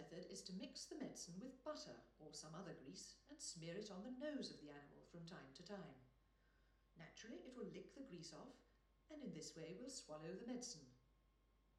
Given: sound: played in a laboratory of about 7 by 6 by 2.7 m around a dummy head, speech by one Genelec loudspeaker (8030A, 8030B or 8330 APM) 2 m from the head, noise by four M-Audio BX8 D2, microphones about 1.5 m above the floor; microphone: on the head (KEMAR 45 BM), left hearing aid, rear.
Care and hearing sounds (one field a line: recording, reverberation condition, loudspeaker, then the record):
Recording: female speech in English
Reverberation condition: medium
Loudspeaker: 150 degrees to the left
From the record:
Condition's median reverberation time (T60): about 510 ms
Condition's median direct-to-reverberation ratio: about -0.5 dB